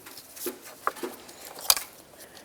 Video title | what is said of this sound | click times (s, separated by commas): How To Replace Throttle Body Assembly 2006-10 Ford Explorer | listen for a click give it a tug make sure it's secure lock it in with that red tab | 0.9 s, 1.7 s